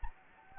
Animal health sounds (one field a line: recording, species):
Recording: mosquito wingbeat signal from an infrared sensor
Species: Anopheles gambiae